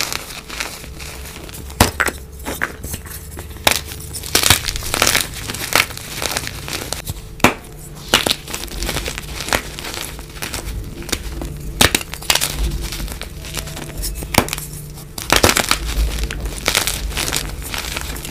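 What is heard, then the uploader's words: Crushing and crumpling sounds, a steady run of crackly, crinkling bursts with sharp bright snaps every second or so. Louder crunches land near 2, 4.5, 7.5, 12 and 15 seconds, over a faint low hum that runs throughout. Amazing crushes.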